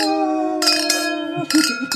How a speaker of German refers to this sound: Sollen wir nochmal anstoßen? Oh ja, genau.